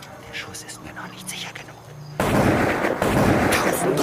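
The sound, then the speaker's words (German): Two rifle shots fired in quick succession erupt abruptly after a quieter, murmuring stretch: a sudden loud blast of broad noise that stays harsh and rumbling to the end, with no clear gap between shots. “Er hatte so schnell, dass ich es nicht hindern konnte, angelegt und den Schuss abgegeben. Den zweiten schickte er sofort nach”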